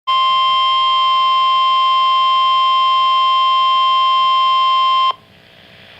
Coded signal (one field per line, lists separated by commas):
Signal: Emergency Alert System (SAME) tones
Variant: 1050 Hz attention tone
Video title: Severe T-Storm Warning [EAS #223] 6/25/13